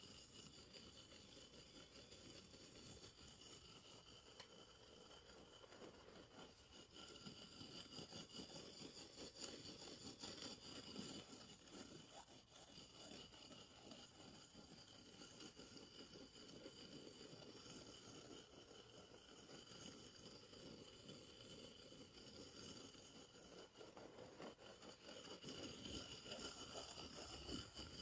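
Scratching and scraping on surfaces like wood, cork and cardboard runs without pause for the whole clip, made of dense, rapid, gritty strokes that sit mostly low. A thin, steady whine hangs above it throughout, and the loudness stays even.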